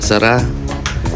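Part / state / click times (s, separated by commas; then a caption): cabin air filter cover into the filter housing behind the glovebox / seated / 0.9 s. A plastic cabin air filter cover on a Mitsubishi Mirage G4 sedan is closed and pushed into the filter housing behind the glovebox after the cabin air filter has been put back. Someone talks over background music, and the cover clicks shut at 0.9 s, seating it in place.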